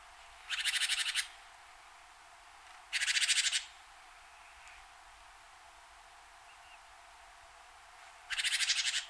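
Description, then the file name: Great tit churring call: three harsh, buzzy rattles, each about a second long, separated by pauses of a few seconds, over a faint steady hiss. "Parus major"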